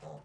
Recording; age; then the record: pig call; piglet (1 to 25 days)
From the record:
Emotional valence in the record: negative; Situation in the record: short isolation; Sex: female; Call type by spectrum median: low-frequency call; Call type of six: low-frequency stable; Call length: 0.24 s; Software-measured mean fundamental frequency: 53 Hz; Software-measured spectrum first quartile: 190 Hz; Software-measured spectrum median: 477 Hz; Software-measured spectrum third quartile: 717 Hz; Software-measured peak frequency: 549 Hz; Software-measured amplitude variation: 126 dB a second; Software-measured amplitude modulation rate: 14.3 a second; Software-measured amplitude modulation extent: 8.8 dB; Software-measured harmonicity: -0.2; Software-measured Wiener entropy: 0.08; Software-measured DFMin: 1309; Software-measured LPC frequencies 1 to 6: 604, 2769, 3839, 5198, 6012, 6923 Hz